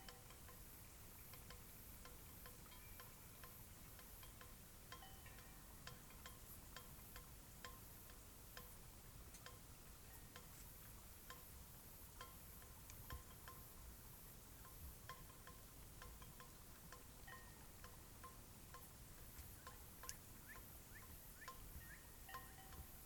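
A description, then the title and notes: A cloudy night beside Taylor Lake in the Russian Wilderness, Klamath National Forest. A steady soft hiss fills the scene, scattered with quick clicks and small high ticks all the way through, plus faint sustained tones around the middle and a low rumble underneath. This was recorded on a cloudy night beside Taylor Lake in the Russian Wilderness, Klamath National Forest, Siskiyou County, California. The recording starts at around midnight and continues until sunrise. The night was fairly calm with a faint breeze blowing through the treetops.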